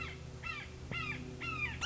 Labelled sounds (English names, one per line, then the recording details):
Red-shouldered Hawk
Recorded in Sonoma County, California